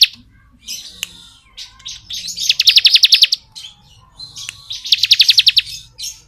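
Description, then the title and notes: Bar-winged prinia song: scattered high chirps build into two quick, even pulsed trills about a second each. Bar-winged prinia singing in the 'ngebren' style; recording used as training (masteran) audio for oriental magpie-robins. "Ciblek Ngebren Untuk Masteran Murai Batu. Suara burung ciblek - Suara Nada"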